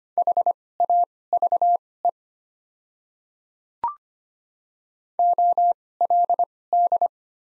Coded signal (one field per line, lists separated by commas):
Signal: Morse code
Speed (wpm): 25 wpm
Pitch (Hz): 700 Hz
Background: none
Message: HAVE OLD